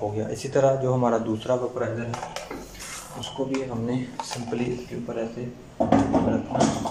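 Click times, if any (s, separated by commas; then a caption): none. The second anesthetic vaporizer is handled and placed onto the anesthesia machine's mounting bar, ready to be locked on. Someone talks throughout, and short handling knocks come at about 2.5 s and 3.2 s. Nothing has seated or clicked yet.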